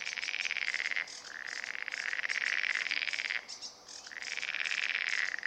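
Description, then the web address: Marsh frog croaking: long, rapid rattling croaks follow one another almost without pause, dipping briefly quieter twice before resuming. Recorded in Turku, Finland, on 31 May 2009 at 23:11 at night. "hlehto aania sammakko molysammakko turku"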